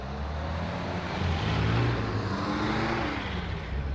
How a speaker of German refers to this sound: Die Motoren werden angelassen und die drei Wagen fahren ohne Licht davon.